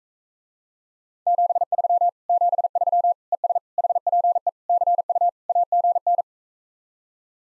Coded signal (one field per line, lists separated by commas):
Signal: Morse code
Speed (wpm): 45 wpm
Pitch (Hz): 700 Hz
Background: none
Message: 73 73 ES HPE CU AGN